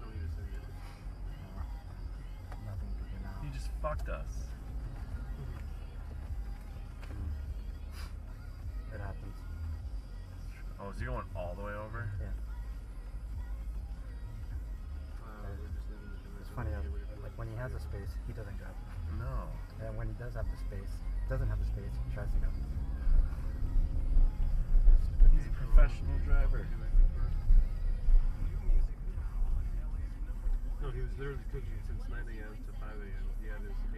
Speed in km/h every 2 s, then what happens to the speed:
0, 0, 0, 0, 0, 0, 0, 0, 0, 0, 0, 5, 15, 19, 16, 8, 0.
0-21 standing. 21-25 pulls away to 19. 26-34 slows to 0.